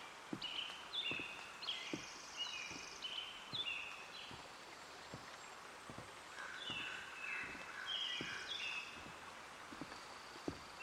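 Birdsong at Hoyt Arboretum in Portland, Oregon: bright, chirping phrases repeat through the first half, pause, then return with more overlapping calls after six seconds. Soft, regular ticking clicks recur about every half second beneath a steady outdoor hiss.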